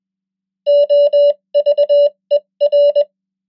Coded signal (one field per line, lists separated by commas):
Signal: Morse code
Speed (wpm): 21 wpm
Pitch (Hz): 580 Hz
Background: none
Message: OVER